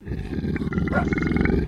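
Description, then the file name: Landrace pig growling: a loud, rough, continuous low growl with harsh grunting texture, lasting under two seconds. Landrace breed pig growling. "ANIMAL PIG LANDRACE EDGAR GROWL"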